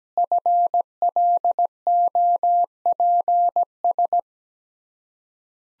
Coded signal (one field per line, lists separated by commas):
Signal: Morse code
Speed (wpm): 17 wpm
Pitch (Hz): 700 Hz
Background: none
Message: FLOPS